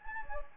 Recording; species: mosquito wingbeat signal from an infrared sensor; Anopheles gambiae